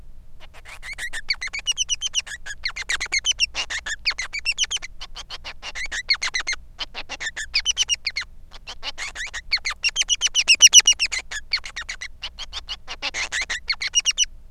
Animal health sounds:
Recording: song of a male Bengalese finch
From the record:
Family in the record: son of father 3

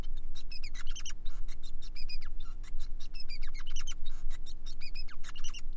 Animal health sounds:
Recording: song of a male Bengalese finch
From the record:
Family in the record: son of father 5

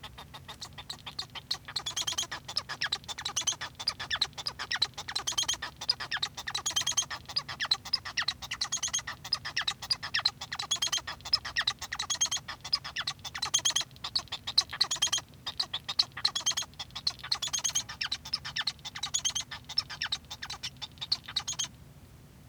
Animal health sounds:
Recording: song of a male Bengalese finch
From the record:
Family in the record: son of father 1

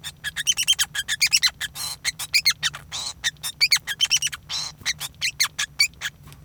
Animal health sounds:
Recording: song of a male Bengalese finch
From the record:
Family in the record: son of father 5

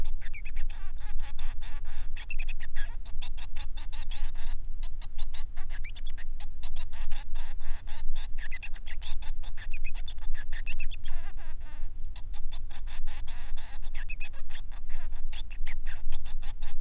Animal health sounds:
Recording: song of a male Bengalese finch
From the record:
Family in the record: son of father 3

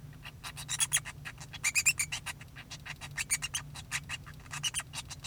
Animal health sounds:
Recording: song of a male Bengalese finch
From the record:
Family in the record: son of father 2

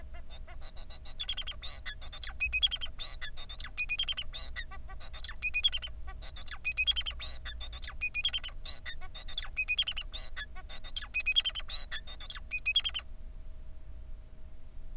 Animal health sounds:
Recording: song of a male Bengalese finch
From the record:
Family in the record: son of father 4

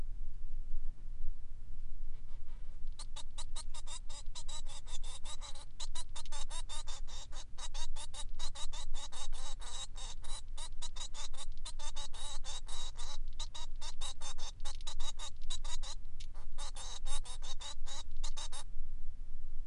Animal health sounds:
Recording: song of a male Bengalese finch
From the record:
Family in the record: son of father 3

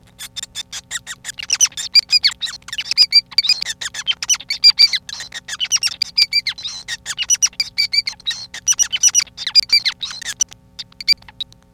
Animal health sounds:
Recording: song of a male Bengalese finch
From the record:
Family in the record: son of father 5

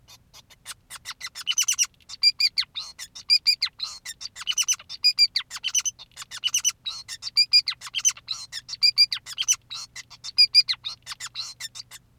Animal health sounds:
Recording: song of a male Bengalese finch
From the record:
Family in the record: son of father 2, and himself father 5

